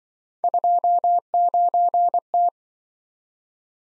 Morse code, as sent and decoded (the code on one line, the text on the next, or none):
..--- ----. -
29T